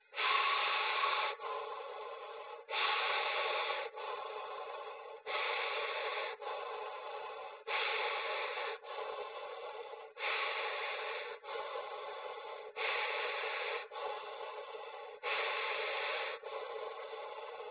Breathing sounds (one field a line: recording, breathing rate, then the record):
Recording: paced breathing near a phone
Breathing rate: 24 breaths a minute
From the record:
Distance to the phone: 20 cm